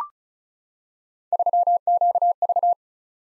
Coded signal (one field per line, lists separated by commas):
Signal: Morse code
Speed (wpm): 36 wpm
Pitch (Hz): 700 Hz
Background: none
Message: 3QV